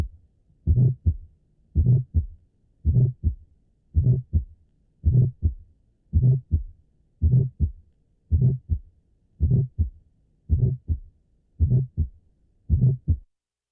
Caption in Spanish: Muchos de estos soplos inocentes tienen un timbre vibratorio muy característico. El soplo deberá ser auscultado con el receptor de campana.